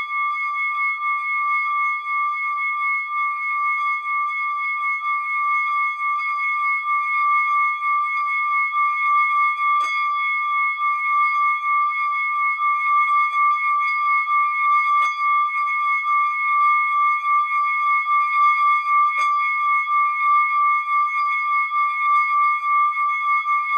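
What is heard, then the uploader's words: Crystal singing bowls ring in one sustained, pure tone, with a bright overtone stacked above and faint higher shimmer, holding steady throughout with a gentle pulsing waver. Brief soft clicks or taps cut through around ten, fifteen and nineteen seconds. Healing sound therapy (Sound Bath) using crystal singing bowls.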